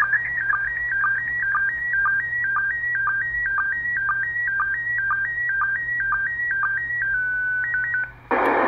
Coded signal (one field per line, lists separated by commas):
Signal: SSTV (slow-scan television)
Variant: PD 120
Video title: Another SSTV picture received from the ISS on 145.800 Mhz